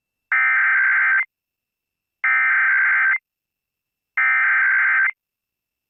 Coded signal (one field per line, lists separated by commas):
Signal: Emergency Alert System (SAME) tones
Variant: header bursts